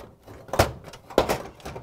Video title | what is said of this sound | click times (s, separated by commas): How To: Whirlpool/KitchenAid/Maytag Natural Gas Limiter WP694424 and Natural Gas Orifice WP234826 | the other tabs on the front lock into place | 0.5 s, 0.6 s, 1.2 s